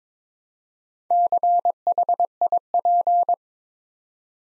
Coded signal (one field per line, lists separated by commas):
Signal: Morse code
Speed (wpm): 23 wpm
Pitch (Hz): 700 Hz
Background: none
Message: CHIP